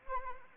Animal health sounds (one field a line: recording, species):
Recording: mosquito wingbeat signal from an infrared sensor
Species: Anopheles arabiensis